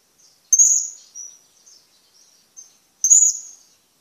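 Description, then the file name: Blue-crowned hanging parrot giving piercing high 'tsit' calls. Two loud shrill notes about two and a half seconds apart, with faint softer chips between them. "suara burung serindit"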